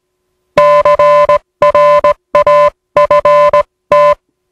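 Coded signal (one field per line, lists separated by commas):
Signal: Morse code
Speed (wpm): 18 wpm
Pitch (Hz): 590 Hz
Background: music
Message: CRAFT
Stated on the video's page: Spoof recreation of a TTT safety message in the style of USCG coast station NMC on 500 kHz.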